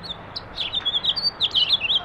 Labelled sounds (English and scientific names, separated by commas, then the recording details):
House Finch (Haemorhous mexicanus) song
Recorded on Long Island, New York, on 18 April 2012
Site GC
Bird A